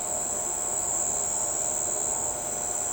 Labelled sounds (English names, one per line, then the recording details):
none
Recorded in shrubland near Pivijay, Magdalena, Colombia, on 16 April 2023 at 05:00
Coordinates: 10.453, -74.365
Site P5-G022